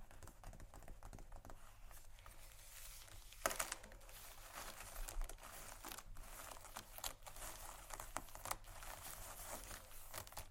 Tapping & Scratching Luxury Leather Bags